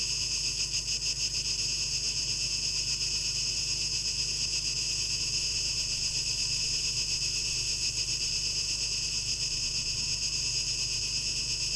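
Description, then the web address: Cicadas droning in a dense, even high-pitched buzz with fast faint pulsing, a low hum running below. 12 August 2023; tape echo mix. "rauschpartikel 2023-08-12 Zikaden"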